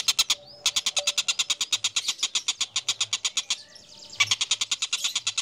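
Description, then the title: Sunbird song of rapid, harsh, evenly spaced clicking notes in steady trains, pausing briefly twice before the dry rattling chatter picks up again. Indonesian 'kolibri ninja' song used as master song for training cage birds, described as melodious, clear and loud. "Suara Kolibri Ninja Pilihan MERDU, JELAS DAN LANTANG Cocok Dijadikan Masteran Burung Anda"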